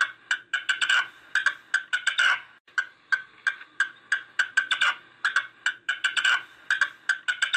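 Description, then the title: Partridge song: a steady stream of crisp, chattering notes, several each second, bunching into quicker clusters now and then, with a quiet background. "Perdiz Cantando"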